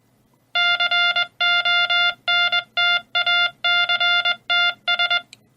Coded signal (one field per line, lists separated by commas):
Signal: Morse code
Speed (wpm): 20 wpm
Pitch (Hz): 2800 Hz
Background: none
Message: CONTACTS